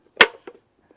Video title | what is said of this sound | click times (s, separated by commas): RIDGEMONKEY Cooking an omelette outdoors | it locks in place and you just have to put a little bit of pressure to open it up again | 0.2 s